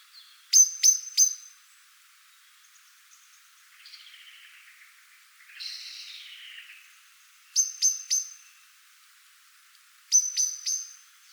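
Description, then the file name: Eurasian blackbird calling in triplets of sharp chinks, broken by a stretch of hissing, sweeping noise before two more triplets. "Turdus merula"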